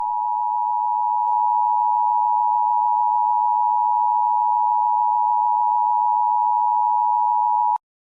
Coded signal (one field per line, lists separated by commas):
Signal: Emergency Alert System (SAME) tones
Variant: 853 and 960 Hz attention tone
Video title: EAS#151: a weird ADR